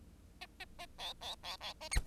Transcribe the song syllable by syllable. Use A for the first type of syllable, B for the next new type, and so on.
A A A B B B B A